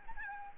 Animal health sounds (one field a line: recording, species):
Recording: mosquito wingbeat signal from an infrared sensor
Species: Aedes albopictus